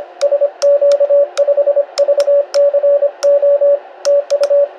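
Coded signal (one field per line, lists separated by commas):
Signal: Morse code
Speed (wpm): 26 wpm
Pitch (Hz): 560 Hz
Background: radio noise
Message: SQ5VCO TU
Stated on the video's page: Short basic information exchange between a Polish and a Dutch station at 26 WPM on 7 MHz.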